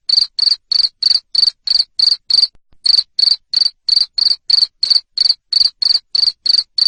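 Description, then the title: Series of piercing cricket chirps about three a second, pausing briefly once before resuming the same rhythm. Loud cricket chirping (jangkrik ngerik) played to stimulate lovebirds to sing continuously (ngekek). "Suara JANGKRIK NGERIK Keras Bikin LOVEBIRD Jadi NGEKEK Terus Vubey"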